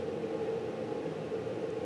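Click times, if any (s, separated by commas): none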